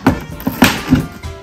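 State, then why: Seated. A shoe rack frame piece is pressed hard into its connector joint until it locks in place. Sharp clicks are heard at 0.1 s and 0.6 s, with a few softer knocks between them, and the joint ends up seated.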